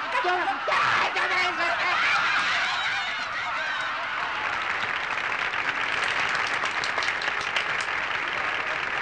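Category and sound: crowd, audience applause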